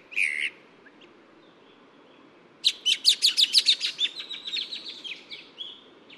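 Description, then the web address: Bronzed drongo calls: a harsh buzzy note, a pause, then a rapid run of sharp metallic notes trailing into thinner whistled phrases. Recorded at Yushan. "小卷尾. Yushan"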